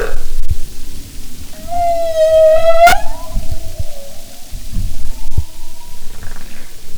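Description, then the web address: Humpback whale call: one loud long rising whoop with many harmonics, followed by fainter level tones, with a sharp click and underwater rumble. "Marine Mammals humpback"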